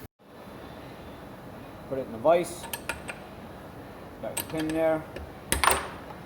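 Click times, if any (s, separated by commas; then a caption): 5.5 s, 5.7 s. A stripped steel bolt stuck in an extractor socket, which is held in a vise, is driven out by hammering a punch through the back of the socket while someone talks. A sharp metallic hit at 5.5 s is followed by a coin-like clink at 5.7 s as the bolt falls free and is released.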